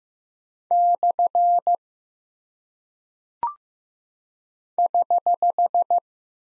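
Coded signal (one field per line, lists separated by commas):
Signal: Morse code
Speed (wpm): 15 wpm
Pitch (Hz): 700 Hz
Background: none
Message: / <HH>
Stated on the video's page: Morse code practice of punctuation and prosign characters at 15 wpm, each sent, spoken, then sent again for head-copy.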